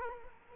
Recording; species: mosquito wingbeat signal from an infrared sensor; Culex quinquefasciatus